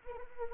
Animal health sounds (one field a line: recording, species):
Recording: mosquito wingbeat signal from an infrared sensor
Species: Anopheles arabiensis